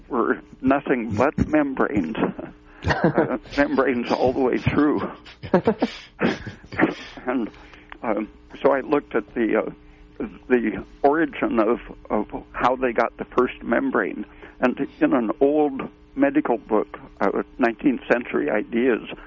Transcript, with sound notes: were nothing but membranes, membranes all the way through. (laughing) And so I looked at the origin of how they got the first membrane, and in an old medical book, 19th century ideas,